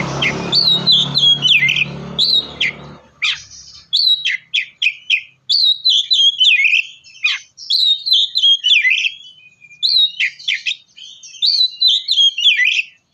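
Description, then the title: Oriental magpie-robin repeating short whistled, dropping phrases several times a second, a loud rumbling noise covering the first three seconds before the song continues clearly. "kacer"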